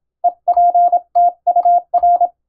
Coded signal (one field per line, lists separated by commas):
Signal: Morse code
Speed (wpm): 26 wpm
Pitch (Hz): 700 Hz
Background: none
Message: EPTUR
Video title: 【第１級無線通信士】昭和はラジオでよくモールス符号が聞こえました。船と陸との唯一の通信手段、大変重要な無線通信でした。アマチュア無線の受信トレーニングにどうぞ morse code practice